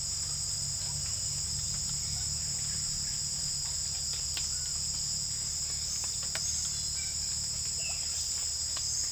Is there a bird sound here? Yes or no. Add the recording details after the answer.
no. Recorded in secondary vegetation near Puerto Asís, Putumayo, Colombia, on 30 June 2025 at 17:30. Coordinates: 0.498, -76.327. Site GP09